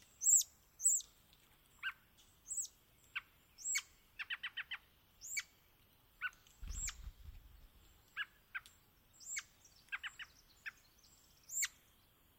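Birds call at dawn in an Olympic forest, with sharp chirps and thin high whistles every second or so throughout. Quick rattling bursts of repeated notes come near four seconds and again around ten. A brief low rumble passes near seven seconds.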